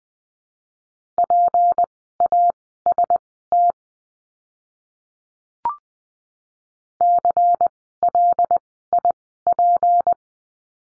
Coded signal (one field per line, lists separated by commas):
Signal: Morse code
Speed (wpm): 20 wpm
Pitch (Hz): 700 Hz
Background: none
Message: PAST CLIP